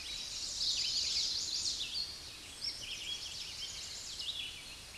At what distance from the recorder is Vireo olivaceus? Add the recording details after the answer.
about 30 m. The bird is about 5 m above the microphone. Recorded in a Pennsylvania forest on 16 May 2024 at 09:32. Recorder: AudioMoth, point MSD-2273. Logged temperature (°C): 16.0 °C. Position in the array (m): 70 m, 201 m